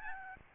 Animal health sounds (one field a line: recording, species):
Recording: mosquito wingbeat signal from an infrared sensor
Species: Aedes albopictus